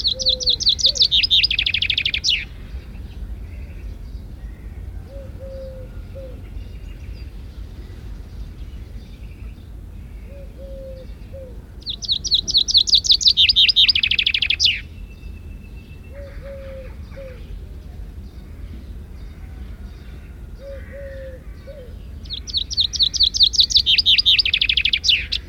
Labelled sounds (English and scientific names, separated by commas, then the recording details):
Common Chaffinch (Fringilla coelebs) song
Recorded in the wild
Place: Calafat, Craina Cazanelor, RO
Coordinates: 43.991, 22.933
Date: 1974-05-16
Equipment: Nagra III BH, Sennheiser MD 21, parabola
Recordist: Schubert, Michael